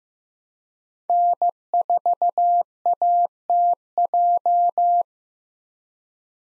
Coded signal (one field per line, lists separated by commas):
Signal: Morse code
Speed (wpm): 15 wpm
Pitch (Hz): 700 Hz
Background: none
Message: N4ATJ